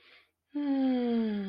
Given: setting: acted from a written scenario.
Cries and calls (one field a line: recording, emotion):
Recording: vocal sound without words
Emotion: serenity